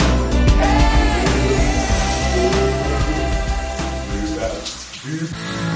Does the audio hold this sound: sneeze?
no